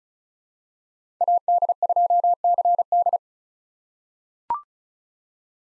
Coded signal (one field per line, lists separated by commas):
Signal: Morse code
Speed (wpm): 36 wpm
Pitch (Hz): 700 Hz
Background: none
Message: AD2CD